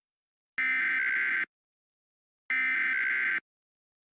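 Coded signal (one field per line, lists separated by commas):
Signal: Emergency Alert System (SAME) tones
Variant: header bursts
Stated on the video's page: Tornado warning for Granbury, Texas, presented as it might have appeared over the Emergency Alert System; a recreation.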